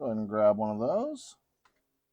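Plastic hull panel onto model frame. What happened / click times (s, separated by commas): The plastic panel is handled but has not snapped into place yet / none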